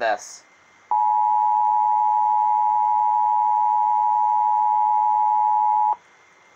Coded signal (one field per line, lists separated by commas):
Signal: Emergency Alert System (SAME) tones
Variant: 853 and 960 Hz attention tone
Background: speech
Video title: EAS 448 SVR NWS NASHVILLE